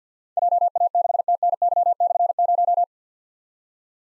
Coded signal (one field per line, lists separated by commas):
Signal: Morse code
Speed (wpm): 47 wpm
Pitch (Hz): 700 Hz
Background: none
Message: JA6TNY/0